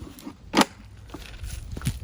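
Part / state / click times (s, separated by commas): plastic mulcher tube into leaf blower housing slot / seated / 0.6 s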